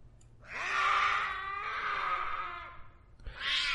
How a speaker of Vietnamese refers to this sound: Mẫn như đứng tim, bởi tiếng mèo kêu vừa phát ra bên dưới gầm bàn